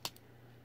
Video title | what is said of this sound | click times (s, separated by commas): Transformers: Titans Return Quake | he's got to get it on like that till it clicks. | 0.0 s